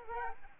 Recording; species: mosquito wingbeat signal from an infrared sensor; Culex quinquefasciatus